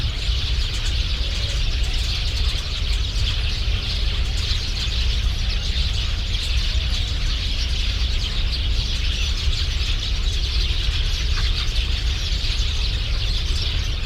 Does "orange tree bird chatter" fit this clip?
yes